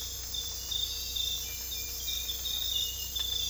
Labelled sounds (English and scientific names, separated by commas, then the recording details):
none
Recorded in dense forest near Puerto Asís, Putumayo, Colombia, on 22 December 2024 at 03:00
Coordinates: 0.486, -76.317
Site G003